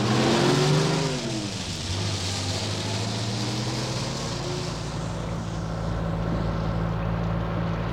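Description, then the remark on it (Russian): A ten-ton truck's engine roars with a hellish din as it rolls off down a highway, its tone sliding lower after a second, then settling into a loud, steady, rumbling drone with a constant low hum underneath. “Таким образом, комиссар Мегре покинул приют утопленников в кабине десятитонки, которая с адским грохотом покатила по шоссе.”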